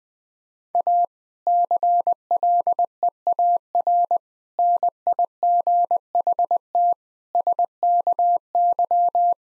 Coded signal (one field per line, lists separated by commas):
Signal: Morse code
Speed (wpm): 21 wpm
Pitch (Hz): 700 Hz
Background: none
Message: A CLEAR NIGHT SKY